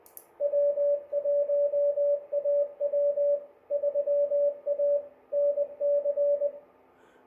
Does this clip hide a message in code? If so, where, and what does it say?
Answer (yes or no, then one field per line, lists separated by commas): yes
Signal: Morse code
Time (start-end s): 0.4-6.5 s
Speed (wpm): 21 wpm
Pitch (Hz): 580 Hz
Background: radio noise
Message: W1AW 3A NC